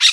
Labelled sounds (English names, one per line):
Brown-throated Parakeet contact call